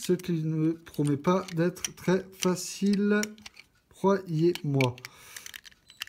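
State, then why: Seated. A shoulder pad is pressed onto the armor of a Bandai Myth Cloth EX Aldebaran of Taurus (SOG) action figure after a difficult attempt while someone talks. A few faint clicks and scrapes come near 5.4–5.7 s, then a sharp click at 6.0 s as the shoulder pad clips on and seats.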